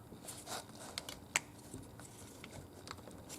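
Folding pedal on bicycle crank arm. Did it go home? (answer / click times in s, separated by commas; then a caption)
yes / 1.4 s. The second folding pedal on the crank arm of a EuroMini VIA 20-inch folding bike is bent downward one-handed into its open position. Light handling ticks come first, then a sharp snap at 1.4 s as the pedal locks into place. Scattered faint clicks follow, with no talking.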